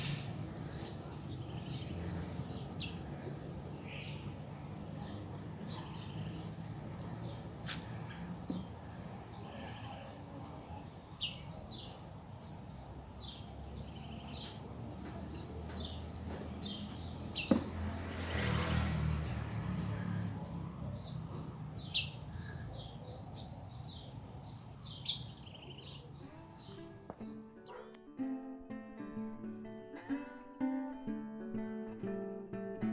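Birds chirp in a backyard, short bright calls popping up every second or two across the whole clip. A low murmur fills the background, with a passing whoosh around nineteen seconds, and after about twenty-seven seconds a steady tonal hum or music joins underneath.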